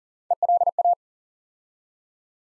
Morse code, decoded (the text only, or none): ELA